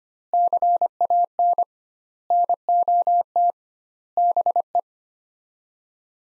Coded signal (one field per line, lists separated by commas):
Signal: Morse code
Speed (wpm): 25 wpm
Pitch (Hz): 700 Hz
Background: none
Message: CAN NOT BE